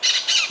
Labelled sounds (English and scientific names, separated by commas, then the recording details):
Brown-throated Parakeet (Eupsittula pertinax) contact call
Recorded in Venezuela
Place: Ocumare, La Boca, salina
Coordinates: 10.488, -67.763